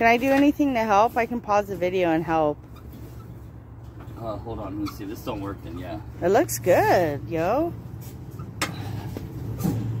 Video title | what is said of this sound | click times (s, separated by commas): Hitching Up !! Lock and Load for the Road!!!!! | not clicking in though i might have to pull the ball up okay | none